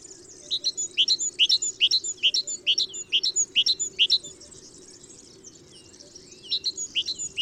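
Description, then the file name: Great tit song, high two-note phrases repeated rapidly in a run, a pause, then another short series. "Parus major"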